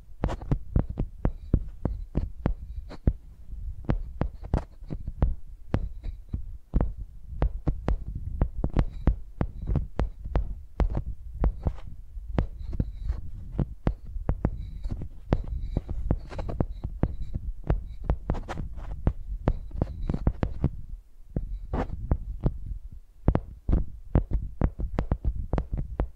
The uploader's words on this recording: Using Mics as Pencils (No Talking).